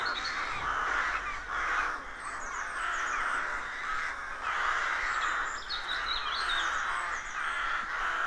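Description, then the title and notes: Rooks cawing in overlapping bursts, the chorus surging repeatedly, while small birds add high chirps and trills over the top. Rook colony of more than 300 birds nesting in a dozen roadside trees, deeply rural County Armagh woodland, early spring; pairs greeting, squabbling with neighbours as first chicks hatch. "Sound Escape 113: Enjoy the stirring cacophony of a rook colony. We wandering in deeply rural County Armagh. It's early spring and the rooks rule the woodlands. BBC Countryfile Magazine's Sound Escapes"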